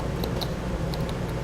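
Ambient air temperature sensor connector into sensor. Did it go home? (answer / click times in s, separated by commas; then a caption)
no / none. A plastic electrical connector for the ambient air temperature sensor on a 2015 Ford Fiesta is handled as it is lined up to be pushed back onto the sensor during a Roadmaster crossbar-style base plate kit install. Light ticks and handling noises sound at about 0.2 s and 0.9 s over a steady low hum. Nothing has seated or clicked yet.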